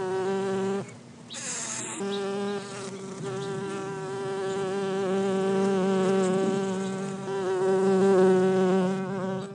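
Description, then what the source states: Bumblebee drone, a steady harmonic buzz broken briefly by a short hissing gap, then resuming louder and even. Bumblebees in their hive.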